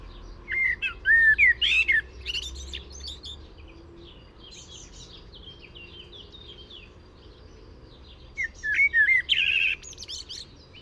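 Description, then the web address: Common blackbird singing two separate phrases of rich whistles and high scratchy twitters, with a long quiet pause of faint chirps between them. "SETE data Turdus merula"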